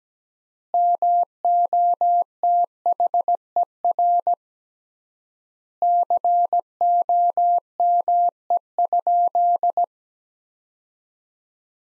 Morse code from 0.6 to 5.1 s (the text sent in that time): MOTHER